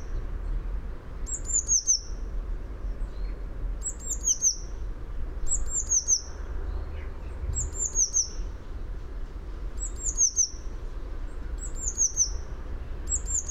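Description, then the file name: Eurasian blue tit giving high, thin calls, each a quick run of three or four descending notes, repeated about every two seconds over a low steady rumble. "Cyanistes caeruleus"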